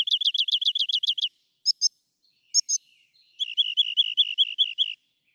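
Rock wren song: a quick run of repeated notes, a few sharp paired chips, then another steady series of repeated syllables.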